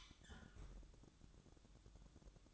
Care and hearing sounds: daily activity, microphone in the room; close fridge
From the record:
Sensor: 3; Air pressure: 1007.7 hPa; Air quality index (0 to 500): 67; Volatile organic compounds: 1 ppm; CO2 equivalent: 632 ppm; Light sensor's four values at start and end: 13/30/13/13 and 13/30/12/13

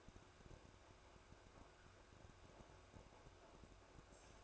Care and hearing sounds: daily activity, microphone in the room; make coffee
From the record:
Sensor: 2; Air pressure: 1004.1 hPa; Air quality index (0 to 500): 192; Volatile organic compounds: 11 ppm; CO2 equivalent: 2304 ppm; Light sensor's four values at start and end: 4/11/4/4 and 4/11/4/4

